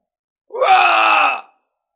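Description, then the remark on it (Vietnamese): A single agonized scream from an ambusher as his body disintegrates into ash, loud and strained, lasting about a second with a harsh, groaning edge before cutting off into silence. No other sounds accompany it. “Một tiếng hét thảm vang lên, toàn bộ thân thể của kẻ đánh lén tan rã ra, sau đó trở thành tro bụi, nguyên thần cũng không thể tránh được, hình thần câu diệt.”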